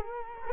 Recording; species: mosquito wingbeat signal from an infrared sensor; Culex quinquefasciatus